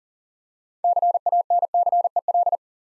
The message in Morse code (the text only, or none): CANCEL